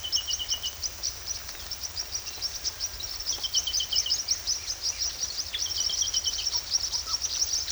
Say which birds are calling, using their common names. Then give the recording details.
Trilling Gnatwren, unidentified bird. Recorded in secondary vegetation near Puerto Asís, Putumayo, Colombia, on 18 February 2024 at 13:30. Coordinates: 0.500, -76.326. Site G6428